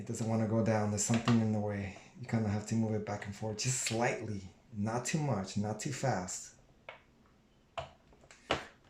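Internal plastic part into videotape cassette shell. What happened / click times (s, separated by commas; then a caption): The plastic part snapped into place after wiggling / 8.5 s. Someone talks while working an internal plastic part into a 1977 Quasar VX videotape cassette shell; it won't go down at first because something is in the way, so it is wiggled back and forth slowly. After the talking stops, a few small sharp clicks come as the part is pressed down, and it seats with a click at 8.5 s.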